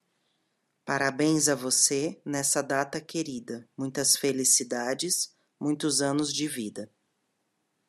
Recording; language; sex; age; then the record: short text; Brazilian Portuguese; female; 40 to 49 years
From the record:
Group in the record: control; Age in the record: 43 years